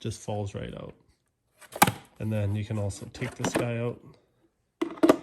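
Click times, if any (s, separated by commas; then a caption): 5.1 s. Someone talks while a removable plastic part of a Milwaukee M18 Fuel Jobsite Vac 0940-20 is taken out and pushed back into the vacuum body, with a sharp knock near 1.8 s. After a short silence, quick plastic clatter follows and the part pops back in and seats at 5.1 s.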